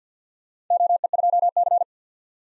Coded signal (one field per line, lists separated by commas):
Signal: Morse code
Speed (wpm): 53 wpm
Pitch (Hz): 700 Hz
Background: none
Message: OE2C